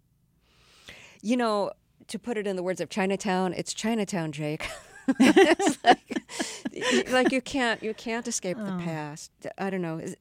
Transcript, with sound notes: You know, to put it in the words of "Chinatown," it's Chinatown, Jake.
(LAUGHTER)
It's like, you can't escape the past. I don't know.